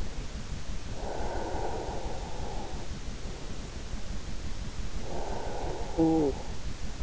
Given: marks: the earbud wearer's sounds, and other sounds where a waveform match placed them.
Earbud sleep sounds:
sounds in sleep by an in-ear microphone; breath, snoring breath
1.00-2.73 s: breath
5.31-7.03 s: snoring breath

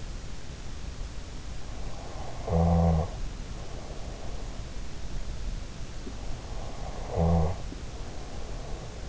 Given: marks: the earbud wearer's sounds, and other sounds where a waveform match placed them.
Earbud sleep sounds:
sounds in sleep by an in-ear microphone; snoring breath
1.79-4.73 s: snoring breath
6.51-9.09 s: snoring breath

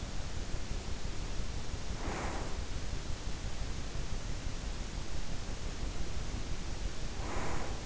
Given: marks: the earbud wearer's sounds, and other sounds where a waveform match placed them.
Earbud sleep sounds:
sounds in sleep by an in-ear microphone; breath
0.36-2.66 s: breath
4.87-7.86 s: breath

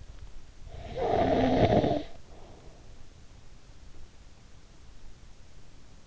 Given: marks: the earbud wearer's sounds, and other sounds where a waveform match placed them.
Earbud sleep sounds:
sounds in sleep by an in-ear microphone; snoring breath
0.52-2.97 s: snoring breath

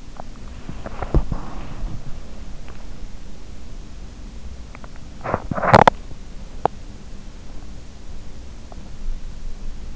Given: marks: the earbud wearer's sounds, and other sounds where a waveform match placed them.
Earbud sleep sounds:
sounds in sleep by an in-ear microphone; swallowing, body movement, teeth grinding
0.00-0.78 s: swallowing
0.92-4.19 s: body movement
5.11-6.49 s: teeth grinding

